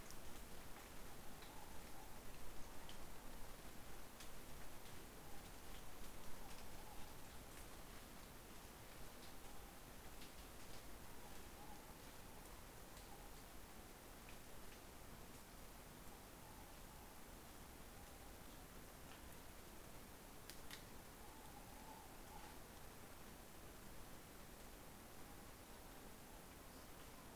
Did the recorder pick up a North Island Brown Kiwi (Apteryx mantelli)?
no